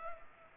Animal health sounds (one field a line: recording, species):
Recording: mosquito wingbeat signal from an infrared sensor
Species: Culex pipiens